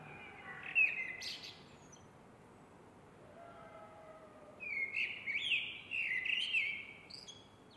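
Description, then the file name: Eurasian blackbird song: a short fluty note with a high squeak, some faint lower whistles, then a long, loud, rippling warble with twittering ends. "MERLES"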